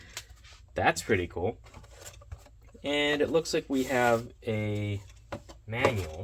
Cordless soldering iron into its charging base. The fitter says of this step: but uh yeah that's actually a really good mechanism nice positive click it just sits in there you don't have to like